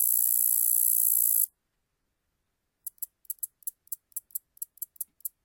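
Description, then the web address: Common meadow katydid song: a steady, hissing high buzz for about one and a half seconds, a short pause, then a run of sharp high ticks. "Crickets and Katydids. Common Meadow Katydid, Orchelimum vulgare"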